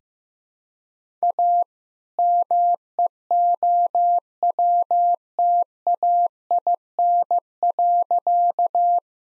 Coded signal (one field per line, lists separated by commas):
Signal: Morse code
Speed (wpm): 15 wpm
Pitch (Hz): 700 Hz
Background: none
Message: A MEOWTAIN.